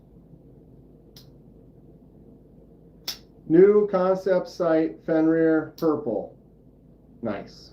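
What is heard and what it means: A folding knife blade is handled toward its lock in a quiet space, with a faint tick near 1.2 s and a sharp brief sound near 3.1 s before someone talks. The blade has not yet snapped into its lock; nothing has seated or clicked yet.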